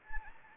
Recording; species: mosquito wingbeat signal from an infrared sensor; Anopheles arabiensis